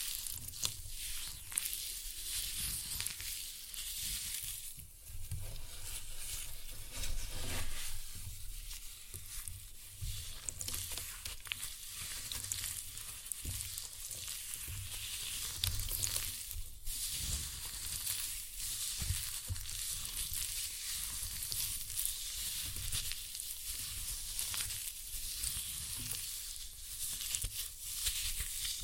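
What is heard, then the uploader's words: Floral foam is crushed in a dense, continuous crackle and hiss that sounds much like sizzling, bright and fizzy throughout. Brief louder crunches break through every second or so, with sharper bursts near 2, 9, 17 and 27 seconds, over a soft low rumble. Floral Foam Glitter Bomb Crushing.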